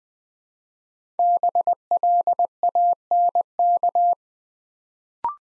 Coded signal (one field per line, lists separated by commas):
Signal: Morse code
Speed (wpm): 20 wpm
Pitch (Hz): 700 Hz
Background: none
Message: BLANK